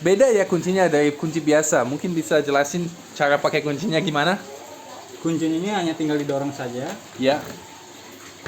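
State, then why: Seated. A push-type lock on the aluminium-rail sliding glass door of a reptile enclosure is pushed in. Someone talks throughout, then a short, sharp click is heard at 8.5 s as the lock clicks shut and locks automatically.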